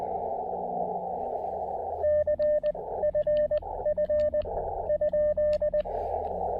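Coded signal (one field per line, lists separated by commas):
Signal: Morse code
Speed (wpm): 18 wpm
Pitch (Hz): 600 Hz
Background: radio noise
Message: CFF?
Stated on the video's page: CW POTA activation at 500 milliwatts with Elecraft KX2 and PackTenna random wire; later 20m at 5 watts; QSB noted.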